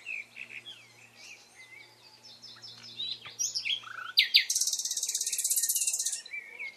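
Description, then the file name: Common nightingale delivering varied chirps and slurred whistles, then a loud, very high, rapidly pulsed buzzing trill lasting about two seconds, with a faint hum underneath. "Luscinia megarhynchos"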